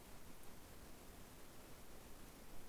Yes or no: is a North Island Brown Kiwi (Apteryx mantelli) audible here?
no